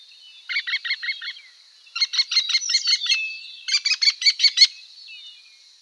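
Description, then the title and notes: American kestrel calling: three quick bursts of shrill, harsh repeated notes, five to eight per burst, with short pauses between them. "Museo de Ciencias de Bahía Blanca. Halconcito Colorado ( Falco sparverius )"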